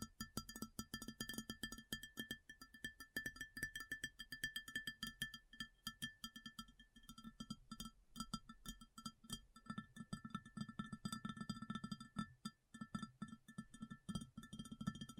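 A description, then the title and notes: ASMR tapping, with dense, quick taps falling in a steady, uneven patter throughout. Each tap is a short, crisp click over a low, woody thump, and a faint ringing tone hangs underneath. The rhythm thickens and grows fuller in the last few seconds. ASMR Addictive Tapping. (No Talking).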